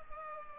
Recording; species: mosquito wingbeat signal from an infrared sensor; Culex pipiens